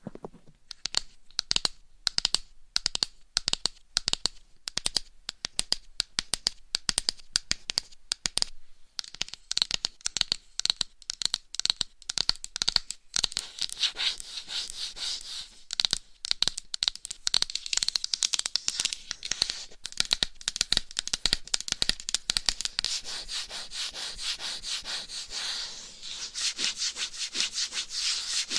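Gloved fingers and nails scratch and tap on a microphone in quick, uneven bursts of crisp, bright clicks and rasps. The strokes start sparse with short pauses, then grow denser and more continuous after about thirteen seconds, turning into steady rubbing near the end.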